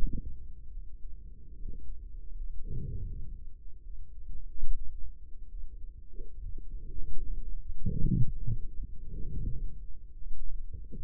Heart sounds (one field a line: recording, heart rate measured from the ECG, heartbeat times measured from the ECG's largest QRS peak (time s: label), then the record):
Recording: heart sounds by microphone in the right ear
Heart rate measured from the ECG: 76 bpm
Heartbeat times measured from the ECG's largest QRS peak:
0.70 s: heartbeat
1.56 s: heartbeat
2.32 s: heartbeat
3.06 s: heartbeat
3.82 s: heartbeat
4.62 s: heartbeat
5.48 s: heartbeat
6.39 s: heartbeat
7.24 s: heartbeat
7.99 s: heartbeat
8.72 s: heartbeat
9.43 s: heartbeat
10.15 s: heartbeat
10.91 s: heartbeat
From the record:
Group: healthy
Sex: male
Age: 35 years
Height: 178 cm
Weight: 64 kg